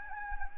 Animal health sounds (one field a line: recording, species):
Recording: mosquito wingbeat signal from an infrared sensor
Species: Anopheles gambiae